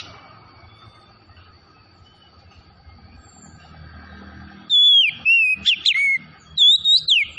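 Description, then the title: Oriental magpie-robin: after a long quiet stretch with low rumble, loud clear whistles begin, swooping down and up in brief bursts. Tretes variety of the bird, singing vigorously (gacor). "Kacer Tretes Gacor"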